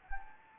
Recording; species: mosquito wingbeat signal from an infrared sensor; Anopheles gambiae